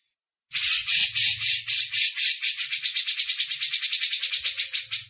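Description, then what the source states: Grey-cheeked bulbul giving a continuous harsh rattle whose pulses speed up toward the end, over a faint low hum. Masteran training audio.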